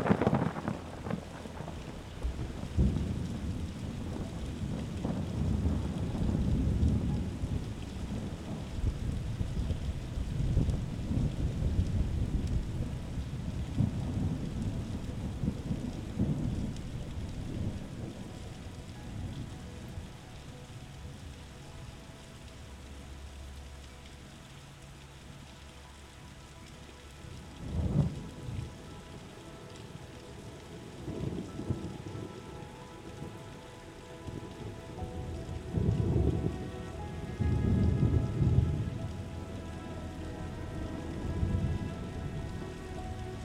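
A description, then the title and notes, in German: Steady rain falls throughout, with deep rolling thunder rumbling heavily in the first twenty seconds, then easing into a quieter patch. Around 28 seconds and again from 35 to 40 seconds, sharper thunder cracks and rumbles return over the constant hiss of rain. Beruhigendes Gewitter und sanfter Regen harmonisch verschmelzen.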